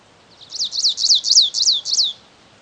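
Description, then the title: Stripe-tailed yellow finch song of six bright, high-pitched swooping notes in fast, regular succession, lasting under two seconds against a quiet background. Nominate subspecies, Sicalis citrina citrina. "LuckyPassaro Completos2Sama. Stripe-tailed Yellow Finch"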